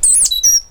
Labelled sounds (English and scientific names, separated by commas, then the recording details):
Stitchbird (Notiomystis cincta) song
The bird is a male
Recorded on Tiritiri Matangi Island, New Zealand, in 2005
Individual 8, of nest box 10